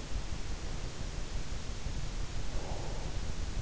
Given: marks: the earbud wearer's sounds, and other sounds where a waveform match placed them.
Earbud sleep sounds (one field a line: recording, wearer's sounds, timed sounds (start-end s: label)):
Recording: sounds in sleep by an in-ear microphone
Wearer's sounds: breath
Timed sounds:
2.47-3.51 s: breath